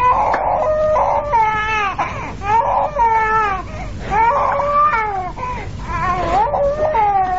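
An infant, carried in someone's arms along a road as an ox cart approaches, wails in loud, continuous bursts, each cry rising and falling in a strained, high-pitched pattern with short catches of breath between, about seven or eight cries in a row.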